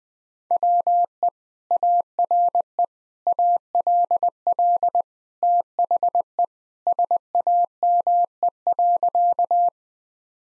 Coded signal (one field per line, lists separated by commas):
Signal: Morse code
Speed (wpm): 19 wpm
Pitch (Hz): 700 Hz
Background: none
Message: WE ARE ALL THE SAME.